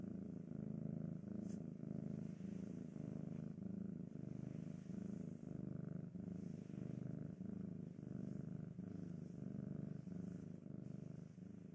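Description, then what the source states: Cat purring, a steady low rumble pulsing in even breaths. Cat sounds while eating, sleeping and playing.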